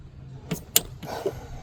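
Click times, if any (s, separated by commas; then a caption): 0.8 s. A refrigerant recharge hose's quick-connect coupler is pushed onto the metal low-side service port of a car's AC system. A soft knock at about 0.5 s is followed by a sharp, bright snap at 0.8 s, then quieter handling sounds. The coupler snaps on and is seated.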